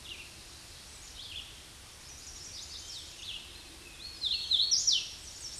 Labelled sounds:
Hooded Warbler (Setophaga citrina) song
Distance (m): 15 m
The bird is about 10 m above the microphone
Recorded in a Pennsylvania forest on 16 May 2024 at 08:26
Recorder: AudioMoth, point MSD-2095
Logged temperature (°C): 16.3 °C
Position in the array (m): 142 m, 58 m

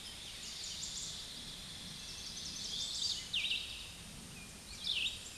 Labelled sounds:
Chestnut-sided Warbler (Setophaga pensylvanica) song
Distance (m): 45 m
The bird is about level with the microphone
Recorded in a Pennsylvania forest on 16 May 2024 at 07:23
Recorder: AudioMoth, point MSD-2391
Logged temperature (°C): 15.0 °C
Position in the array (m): 81 m, 71 m

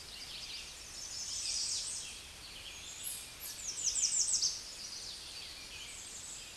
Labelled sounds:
American Redstart (Setophaga ruticilla) song
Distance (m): 20 m
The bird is about 15 m above the microphone
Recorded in a Pennsylvania forest on 16 May 2024 at 09:30
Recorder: AudioMoth, point MSD-0526
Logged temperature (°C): 16.6 °C
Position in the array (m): 109 m, 244 m

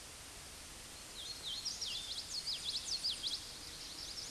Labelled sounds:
Common Yellowthroat (Geothlypis trichas) song
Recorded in a Pennsylvania forest on 16 May 2024 at 09:56
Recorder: AudioMoth, point MSD-0438
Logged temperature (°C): 14.5 °C
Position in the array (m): 90 m, 94 m

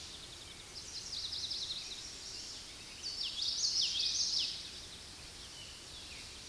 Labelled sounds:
Common Yellowthroat (Geothlypis trichas) song
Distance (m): 15 m
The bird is about 5 m below the microphone
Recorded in a Pennsylvania forest on 16 May 2024 at 06:22
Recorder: AudioMoth, point MSD-2061
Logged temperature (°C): 16.1 °C
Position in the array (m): 236 m, 173 m

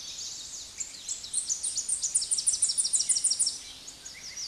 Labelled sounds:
Tennessee Warbler (Leiothlypis peregrina) song
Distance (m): 15 m
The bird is about 10 m above the microphone
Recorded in a Pennsylvania forest on 16 May 2024 at 09:06
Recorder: AudioMoth, point MSD-1405
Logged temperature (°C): 15.6 °C
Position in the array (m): 165 m, 183 m

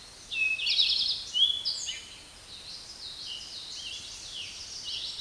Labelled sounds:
Eastern Towhee (Pipilo erythrophthalmus) song
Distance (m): 15 m
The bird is about 5 m below the microphone
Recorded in a Pennsylvania forest on 16 May 2024 at 06:33
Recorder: AudioMoth, point MSD-2058
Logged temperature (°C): 11.8 °C
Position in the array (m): 93 m, 14 m

